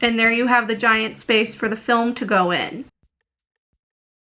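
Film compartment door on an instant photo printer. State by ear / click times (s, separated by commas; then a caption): not seated / none. Someone talks for about three seconds beside the open hinged plastic film-compartment door on the back of a Fujifilm Instax Link Wide instant photo printer, followed by near silence. The door has not yet been pushed closed, so nothing has clicked or latched yet.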